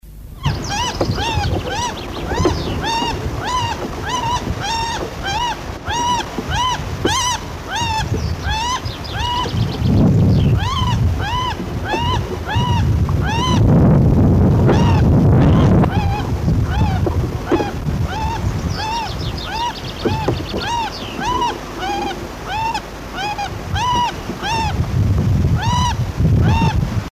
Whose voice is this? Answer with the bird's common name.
Common Moorhen